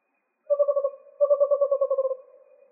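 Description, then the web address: Western screech owl giving a short rapid trill, a brief pause, then a longer even trill of hollow notes, with no other sounds. Recorded in Arizona on 7 January 2006. "Sound Library Owls AZFO WESO deviche 070106"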